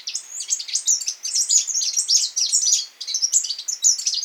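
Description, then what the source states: Canary flyrobin calls: a continuous run of sharp, high-pitched squeaky chips and twitters, irregular and hurried, with no other sounds. Papua New Guinea.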